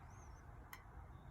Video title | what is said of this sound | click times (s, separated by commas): Cam Shaft Chain Tensioner - Part 1 | And that thing will pop out there. You hear that little click there. | 0.7 s